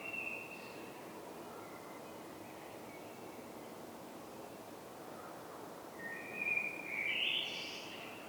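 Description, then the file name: Common blackbird with faint fluted notes at first, a long quiet stretch of hiss, then a short warbled phrase with high squeaky notes near the end. "Turdus merula"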